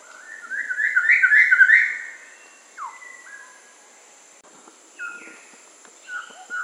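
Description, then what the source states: Rusty pitohui: a quick warbled whistle phrase, then a downslurred whistle, and later a few short level whistles with scattered clicks. Papua New Guinea.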